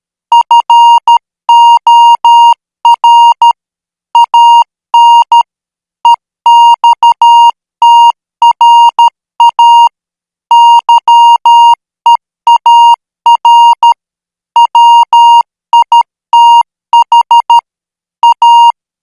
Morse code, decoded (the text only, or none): FOR AN EXTRA YEAR WITH A